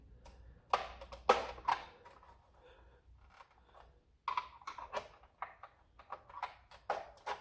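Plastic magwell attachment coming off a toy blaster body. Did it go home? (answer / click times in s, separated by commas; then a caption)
released / 0.7 s, 1.3 s, 4.3 s, 6.9 s. A plastic flared magwell is slowly pried off a Longshot toy foam-dart blaster, and its snap-fit clips pop free one after another with sharp plastic pops at 0.7, 1.3, 4.3 and 6.9 seconds. Quieter creaks and scrapes fill the gaps, and the magwell comes off completely.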